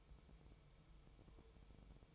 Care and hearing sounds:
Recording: daily activity, microphone in the room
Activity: take from stove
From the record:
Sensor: 1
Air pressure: 999.4 hPa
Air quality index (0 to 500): 200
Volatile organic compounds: 41 ppm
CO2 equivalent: 3165 ppm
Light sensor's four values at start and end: 9/22/8/9 and 9/22/8/9

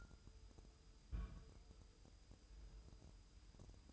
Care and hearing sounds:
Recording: daily activity, microphone in the room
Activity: place on stove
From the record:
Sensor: 2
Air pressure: 988.2 hPa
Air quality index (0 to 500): 190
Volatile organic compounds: 181 ppm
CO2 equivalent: 4146 ppm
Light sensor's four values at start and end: 21/71/28/27 and 21/71/28/27

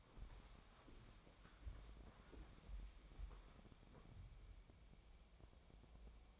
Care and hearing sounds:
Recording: daily activity, microphone in the room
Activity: walk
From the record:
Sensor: 1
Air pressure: 1015.3 hPa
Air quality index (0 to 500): 131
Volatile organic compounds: 5 ppm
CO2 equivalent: 1808 ppm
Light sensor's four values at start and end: 12/30/12/14 and 12/30/12/13

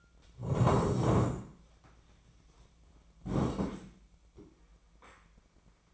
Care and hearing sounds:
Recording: daily activity, microphone in the room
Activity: sit down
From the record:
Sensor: 1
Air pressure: 1012.3 hPa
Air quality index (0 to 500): 172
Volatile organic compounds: 3 ppm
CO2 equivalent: 1408 ppm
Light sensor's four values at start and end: 42/114/47/57 and 42/113/46/56

